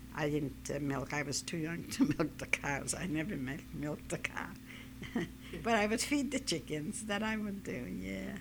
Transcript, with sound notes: I didn't milk. I was too young to milk the cows. I never milked the cow. (she laughs) But I would feed the chickens. That I would do. Yeah.